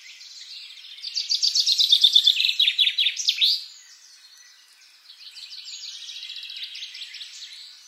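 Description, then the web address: Common chaffinch song: a loud descending trill ending in a flourish, followed by a fainter song of similar pattern. "SETE Fringilla coelebs"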